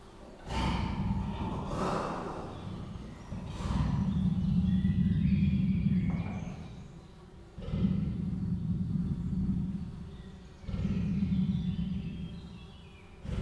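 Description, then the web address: Persian leopard giving deep, rough, breathy rasps in four long bouts with short pauses between. Captive female Persian leopard near the microphone, in a duet, at a zoo in Miskolc, Hungary, recorded in 2018. "miskolcizoo 2018 perzsa leopard"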